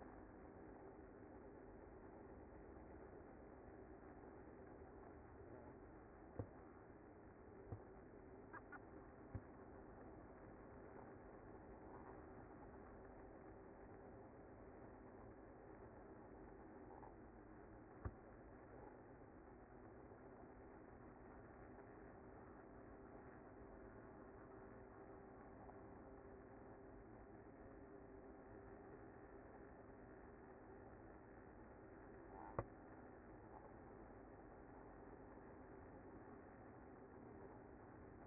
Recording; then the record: honeybee colony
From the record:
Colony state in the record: active